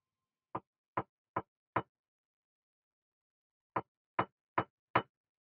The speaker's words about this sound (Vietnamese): Thế rồi đột nhiên tiếng gõ cửa cộc cộc vang lên. Nhưng không phải là từ phía cửa mà phía bờ tường chung của cả 2 phòng toilet nam nữ. Âm thanh rất to, phải là một lực tác động mạnh mới có thể tạo ra được tần số như vậy được.